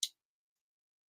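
A metal multitool blade, a saw and hook tool, is swung open in the multitool handle until its liner lock engages. A single sharp, bright click lands at 0.0 s, then silence. The blade locks open and seats.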